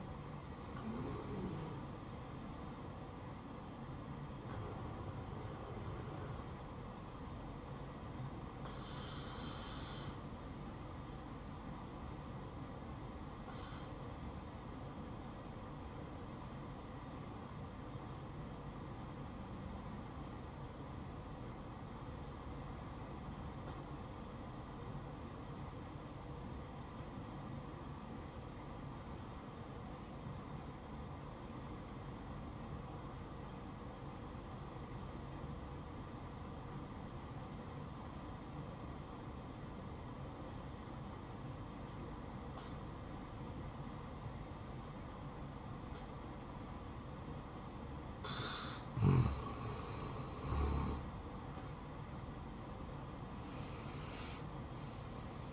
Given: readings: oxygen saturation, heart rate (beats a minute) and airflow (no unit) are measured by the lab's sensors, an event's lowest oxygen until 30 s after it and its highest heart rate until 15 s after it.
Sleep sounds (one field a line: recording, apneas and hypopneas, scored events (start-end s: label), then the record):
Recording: breathing in sleep by a smartphone at the bedside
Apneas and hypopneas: 1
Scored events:
17.00-50.90 s: obstructive apnea (N1, oxygen 97% highest, then 88% lowest, heart rate 65 at the start, 71 highest)
24.00-54.00 s: new sleep stage, N2 (light sleep)
54.00-55.53 s: new sleep stage, N1 (lightest sleep)
From the record:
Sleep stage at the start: N1 (lightest sleep)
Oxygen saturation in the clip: 87 to 97%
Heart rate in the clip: 59 to 68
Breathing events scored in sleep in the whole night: 573 in 9.8 hours asleep